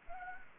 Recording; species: mosquito wingbeat signal from an infrared sensor; Anopheles gambiae